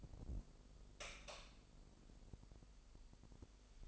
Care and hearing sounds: daily activity, microphone in the room; light on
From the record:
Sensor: 5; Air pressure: 995.4 hPa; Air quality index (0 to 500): 93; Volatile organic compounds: 5 ppm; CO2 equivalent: 1764 ppm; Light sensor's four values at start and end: 35/81/33/33 and 36/86/35/35

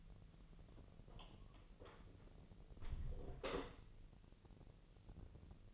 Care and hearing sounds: daily activity, microphone in the room; close door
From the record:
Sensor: 4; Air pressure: 1002.1 hPa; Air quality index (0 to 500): 248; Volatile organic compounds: 41 ppm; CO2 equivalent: 3170 ppm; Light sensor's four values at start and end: 9/21/8/8 and 10/22/8/8

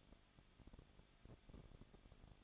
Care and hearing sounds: daily activity, microphone in the room; no activity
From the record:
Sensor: 4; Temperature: 23.1 degrees Celsius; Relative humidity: 34.3%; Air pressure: 1007.2 hPa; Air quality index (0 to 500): 215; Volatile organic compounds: 15 ppm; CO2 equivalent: 2490 ppm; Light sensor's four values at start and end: 2/3/1/1 and 2/3/1/1

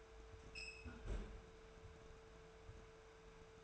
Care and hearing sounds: daily activity, microphone in the room; close fridge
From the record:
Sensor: 2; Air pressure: 1014.8 hPa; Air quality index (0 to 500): 195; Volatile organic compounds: 17 ppm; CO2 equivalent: 2576 ppm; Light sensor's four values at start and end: 8/20/8/9 and 8/20/8/9

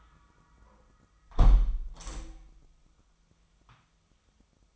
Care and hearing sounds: daily activity, microphone in the room; close window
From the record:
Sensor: 1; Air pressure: 1004.7 hPa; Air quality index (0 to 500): 100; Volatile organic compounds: 3 ppm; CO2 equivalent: 1361 ppm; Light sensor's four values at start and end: 8/20/8/9 and 8/20/8/8

